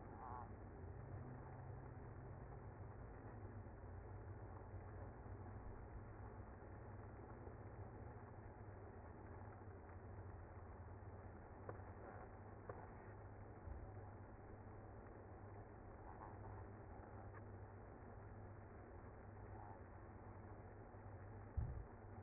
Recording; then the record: honeybee colony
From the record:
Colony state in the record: active